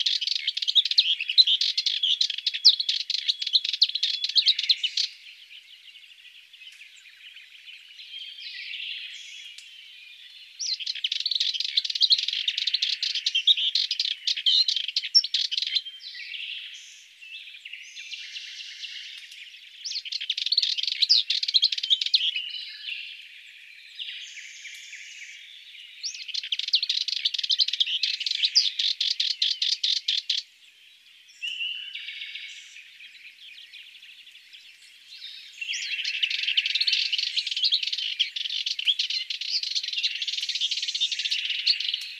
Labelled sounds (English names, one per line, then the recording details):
Sardinian Warbler song
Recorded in the wild
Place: St. Laurent des Arbres und Umgebung, FR
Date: 2008-05-13
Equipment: MiniDisc Sharp MT 20 H
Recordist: Schwarz, Dieter